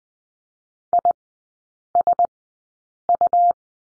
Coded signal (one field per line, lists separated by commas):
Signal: Morse code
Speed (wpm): 20 wpm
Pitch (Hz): 700 Hz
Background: none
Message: ISU